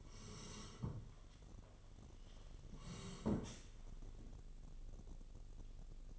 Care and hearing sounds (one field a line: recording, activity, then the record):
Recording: daily activity, microphone in the room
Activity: sit down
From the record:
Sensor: 4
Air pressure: 1016.1 hPa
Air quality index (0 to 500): 198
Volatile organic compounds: 10 ppm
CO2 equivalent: 2259 ppm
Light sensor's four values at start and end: 9/19/8/7 and 9/20/8/7